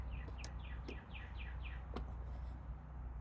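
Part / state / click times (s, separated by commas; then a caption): retaining clip on the shift rod joint / not seated / none. A metal retaining clip is being slipped back onto the shift rod joint during a gearshift rebuild on a BMW Z3 (E36). Over a steady low rumble and repeated bird chirps, two brief sharp ticks sound at about 0.4 s and 2.0 s. Nothing has seated or clicked yet.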